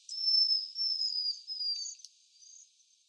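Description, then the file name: Japanese waxwing calls: thin, high, drawn-out notes strung closely together, fading toward the end, with a faint click near the end. Tottori, Japan, 11 December 2013. "hirenjaku tottori kuroda"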